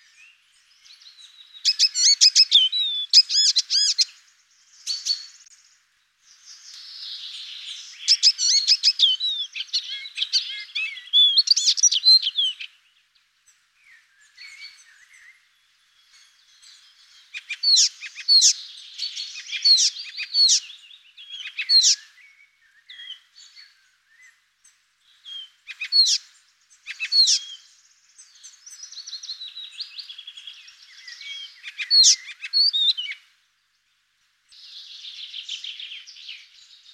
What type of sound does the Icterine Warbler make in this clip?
song